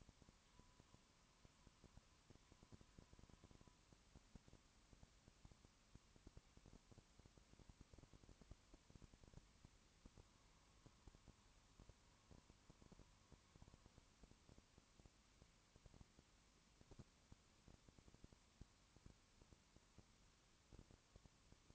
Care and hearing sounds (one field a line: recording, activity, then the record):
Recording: daily activity, microphone in the room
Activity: no activity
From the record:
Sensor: 1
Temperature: 19.2 degrees Celsius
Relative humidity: 37.8%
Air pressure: 1001.1 hPa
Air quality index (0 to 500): 198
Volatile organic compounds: 7 ppm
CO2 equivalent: 1995 ppm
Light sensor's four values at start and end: 1/2/1/1 and 1/2/1/1